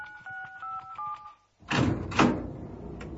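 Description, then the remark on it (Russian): A quick run of about eight short, mid-pitched electronic keypad beeps as an access code is entered to open a door, then a brief pause before a loud, rushing mechanical door opening with a hiss and a heavier second surge. “Растяпкин, открой нам эту дверь. Ведь только у тебя есть код доступа.”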